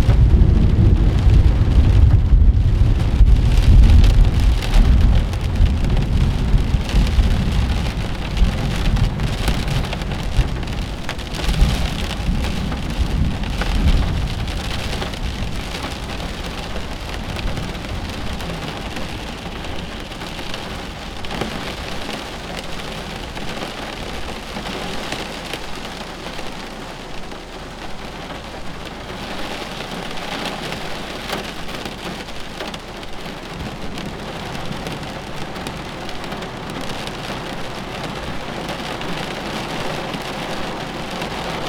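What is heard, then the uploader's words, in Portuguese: Sheltered from a storm, dense rain patters steadily while a deep rumble of thunder swells early on, then fades after about fifteen seconds. Protegido de uma tempestade.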